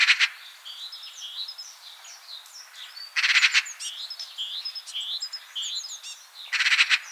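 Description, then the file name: Eurasian magpie giving harsh, rattling chatter bursts three times, roughly every three seconds, over a busy background of thin whistled and chirping songs from other birds. "Pica pica"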